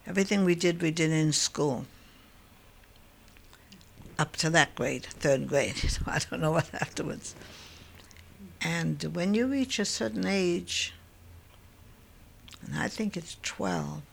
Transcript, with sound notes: Everything we did we did in school up to that grade, third grade. I don't know what afterwards. (she laughs) And when you reach a certain age, I think it's twelve,